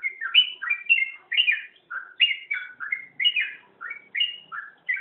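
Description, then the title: Oriental magpie-robin song, continuous and energetic: clear whistled notes with sharp upward and downward slurs, delivered in quick succession throughout. "Kicau Kacer Durasi Panjang 1jam Lebih"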